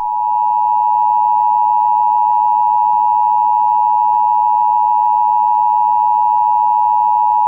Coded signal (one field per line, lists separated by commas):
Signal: Emergency Alert System (SAME) tones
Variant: 853 and 960 Hz attention tone